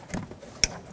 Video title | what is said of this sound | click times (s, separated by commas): How to Replace Front Window Regulator Assemblies 2003-2007 Honda Accord | Let's connect in our electrical connector. Listen for a click from that. | 0.6 s